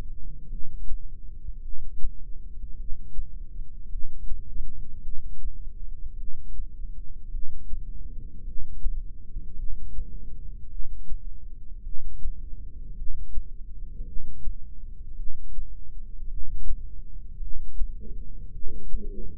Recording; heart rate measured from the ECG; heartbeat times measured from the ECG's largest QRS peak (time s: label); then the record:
heart sounds by microphone in the left ear; 53 bpm
0.48 s: heartbeat
1.60 s: heartbeat
2.75 s: heartbeat
3.87 s: heartbeat
5.01 s: heartbeat
6.15 s: heartbeat
7.29 s: heartbeat
8.42 s: heartbeat
9.54 s: heartbeat
10.67 s: heartbeat
11.81 s: heartbeat
12.93 s: heartbeat
14.03 s: heartbeat
15.14 s: heartbeat
16.26 s: heartbeat
17.37 s: heartbeat
18.50 s: heartbeat
From the record:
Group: heart failure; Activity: rest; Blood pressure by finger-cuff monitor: 84/61 mmHg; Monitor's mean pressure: 68 mmHg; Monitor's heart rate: 53 bpm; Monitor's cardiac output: 2.6 L/min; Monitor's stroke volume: 48 mL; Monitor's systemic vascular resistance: 1890 dyn s/cm5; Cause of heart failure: non-ischemic cardiomyopathy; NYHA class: 1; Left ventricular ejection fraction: 52%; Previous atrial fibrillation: present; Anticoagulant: apixaban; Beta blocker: bisoprolol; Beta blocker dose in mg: 10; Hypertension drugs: sacubitril-valsartan, spironolactone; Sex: female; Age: 68 years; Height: 169 cm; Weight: 71 kg